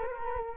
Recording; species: mosquito wingbeat signal from an infrared sensor; Culex quinquefasciatus